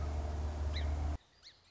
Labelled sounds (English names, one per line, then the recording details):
Song Sparrow
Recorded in Sonoma County, California